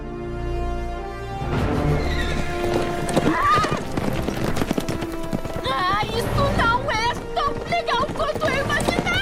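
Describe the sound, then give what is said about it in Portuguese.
Steady clip-clop of horse hooves beats in a quick rhythm, while high, wavering neighs and whinnies break out repeatedly over the hoofbeats, growing busier toward the end. “Você já andou de cavalo? Eu acho que eu nunca vi um cavalo de verdade.”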